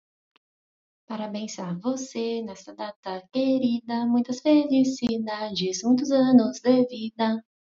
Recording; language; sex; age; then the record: short text; Brazilian Portuguese; female; 30 to 39 years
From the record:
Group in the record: control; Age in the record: 35 years